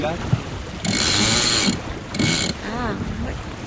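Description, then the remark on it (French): A winch on a small sailboat ratchets in two bursts of rapid metallic clicking as the genoa is trimmed to power up the boat, over a steady wash of wind and water with faint voices murmuring in the background. “De gonfler un peu le génois pour appuyer un peu ce bateau.”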